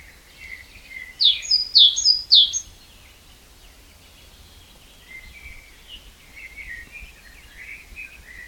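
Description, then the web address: Great tit giving three sharp two-note phrases in quick succession, then quieter, lower twittering notes continue. "SETE Parus major"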